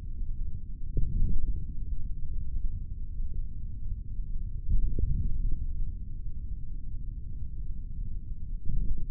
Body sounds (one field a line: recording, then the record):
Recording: forearm muscle sounds (acoustic myography)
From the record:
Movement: forearm supination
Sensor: system 3, bracelet of six PUI Audio POM-2738L microphones around the upper forearm, with dedicated amplification and filtering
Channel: 1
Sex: male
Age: 25 years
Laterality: right